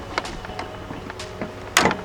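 A plastic clip or tab of an LED tail light on a 1999–2006 Chevy Silverado or 1999–2002 GMC Sierra truck is worked up and over its retaining hook, with a few faint taps and scrapes. A sharp, loud pop sounds at 1.8 s as the clip comes free of the hook and the tail light is released.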